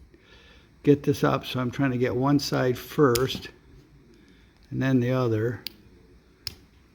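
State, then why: Released. A small tool is worked into a notch to lift the white plastic terminal-lock insert out of an ignition coil wiring connector housing, one side and then the other, while someone talks. The insert releases with a sharp click at 6.5 seconds and pops out.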